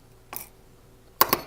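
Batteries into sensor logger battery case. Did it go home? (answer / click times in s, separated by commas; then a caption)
yes / 1.2 s. New batteries are pressed back into the battery case of a small sensor logger. A soft rustle near 0.4 s is followed by a sharp snap at 1.2 s and a second click at 1.3 s as the batteries seat in the holder.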